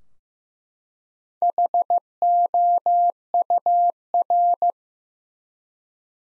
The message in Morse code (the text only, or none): HOUR